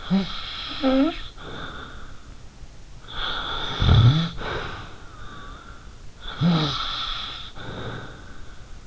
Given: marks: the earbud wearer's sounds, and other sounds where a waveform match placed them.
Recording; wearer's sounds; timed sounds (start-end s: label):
sounds in sleep by an in-ear microphone; snoring breath
0.00-2.25 s: snoring breath
3.05-5.83 s: snoring breath
6.17-8.53 s: snoring breath